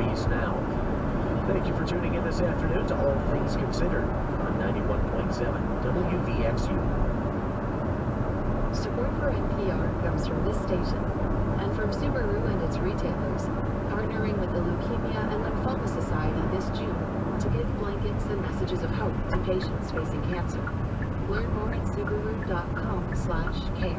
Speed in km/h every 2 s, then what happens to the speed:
92, 93, 92, 92, 89, 90, 89, 89, 89, 89, 87, 84.
0-24 slows to 84.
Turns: none.